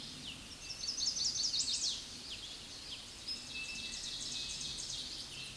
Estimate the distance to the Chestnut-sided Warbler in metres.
about 25 m